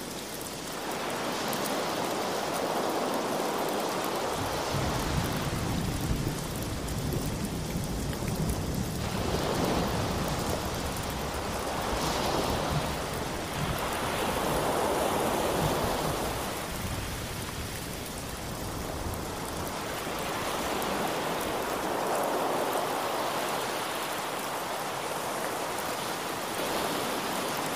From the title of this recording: Rain And Thunder Sound With Ocean Waves